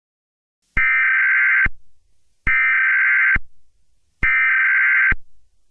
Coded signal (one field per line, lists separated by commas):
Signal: Emergency Alert System (SAME) tones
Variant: header bursts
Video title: eas scenario catemojibabyheat part 10